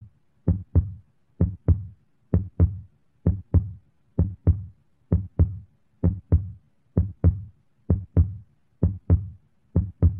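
Regular heartbeat at about 65 beats per minute, with distinct paired low-pitched beats repeating evenly; adult.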